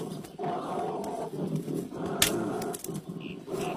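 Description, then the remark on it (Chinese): An angry bear roars in long, rough, low growling bursts that rise and fall, with a brief sharp crack partway through and no talking. “熊大哥，别生气，往这儿看，蜂蜜，我这儿有蜂蜜，椴树蜜，可香了，可甜了，我放这儿了，你过来吃吧。”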